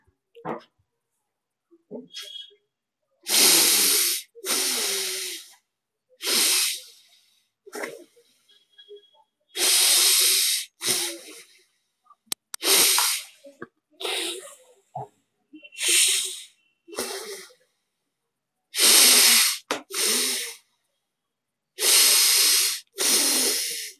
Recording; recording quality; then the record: deep breathing; excellent, no background noise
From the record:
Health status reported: COVID-19 positive, mild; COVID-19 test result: positive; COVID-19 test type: RT-PCR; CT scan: not taken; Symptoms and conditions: cough, cold, sore throat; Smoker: no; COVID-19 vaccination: both doses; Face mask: not worn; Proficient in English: yes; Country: India